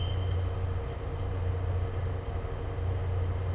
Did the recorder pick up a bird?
no